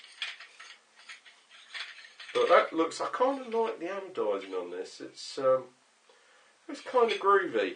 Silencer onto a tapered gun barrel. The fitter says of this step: That's when it locks in place.